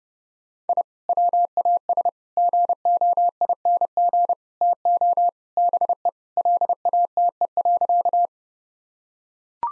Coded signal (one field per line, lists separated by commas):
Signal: Morse code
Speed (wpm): 30 wpm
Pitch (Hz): 700 Hz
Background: none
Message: I WAS GOING TO BE LATE.